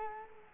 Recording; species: mosquito wingbeat signal from an infrared sensor; Culex quinquefasciatus